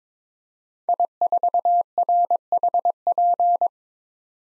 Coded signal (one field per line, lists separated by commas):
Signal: Morse code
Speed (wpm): 22 wpm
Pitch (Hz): 700 Hz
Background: none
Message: I4RHP